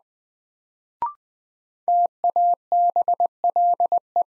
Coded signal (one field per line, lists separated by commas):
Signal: Morse code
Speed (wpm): 20 wpm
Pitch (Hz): 700 Hz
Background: none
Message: TABLE